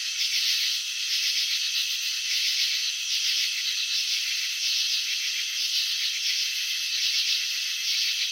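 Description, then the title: Cricket chirping, a continuous high rasping trill with faint rhythmic pulsing and slight swells in loudness, nothing else heard. Crickets chirping, shown in a slow-motion video of wing vibrations and antenna movements. "Crickets in Slow Motion. Capturing the Elegance of Chirping"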